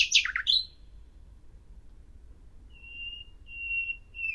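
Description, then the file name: Common nightingale song: a brief rich warble, a pause, then drawn-out whistled notes rising in loudness. "Luscinia megarhynchos"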